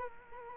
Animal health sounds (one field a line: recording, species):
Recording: mosquito wingbeat signal from an infrared sensor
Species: Culex quinquefasciatus